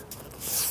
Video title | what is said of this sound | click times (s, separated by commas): BMW F30 / F31 Soundsystem einbauen - Gladen Boxmore BMW DSP - ARS24 | way forward, you can also hear that it snaps into place, | 0.1 s